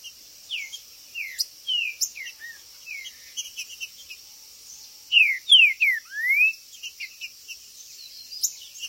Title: TRINCA Piando, Cantando E Macheando Na DISPUTA. TRINCA FERRO